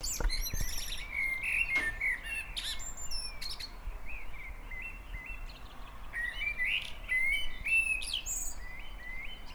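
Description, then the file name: Common blackbird delivering short fluted phrases followed by squeaky high trills, repeated several times against a soft, constant low background noise. "Turdus merula"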